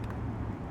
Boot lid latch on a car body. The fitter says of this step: and hopefully you'll hear the boot click,